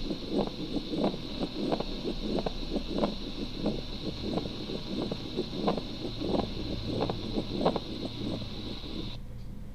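Pericardial friction rub heard over an adult heart with a stethoscope, in pericarditis.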